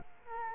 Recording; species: mosquito wingbeat signal from an infrared sensor; Culex quinquefasciatus